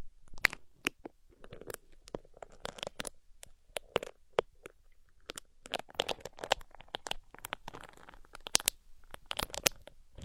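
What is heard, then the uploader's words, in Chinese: Ear picking: a steady stream of sharp, crackling clicks and short crunchy scrapes, irregular but dense for the whole ten seconds. Brief soft rubbing passages fill the gaps, and a few louder snaps stand out around the middle and near the end. 抠耳朵。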